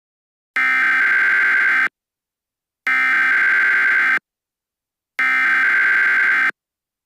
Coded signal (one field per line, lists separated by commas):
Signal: Emergency Alert System (SAME) tones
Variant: header bursts